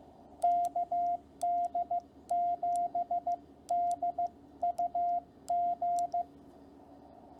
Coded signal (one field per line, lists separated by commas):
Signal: Morse code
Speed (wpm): 15 wpm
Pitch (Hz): 700 Hz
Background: none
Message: KD7DUG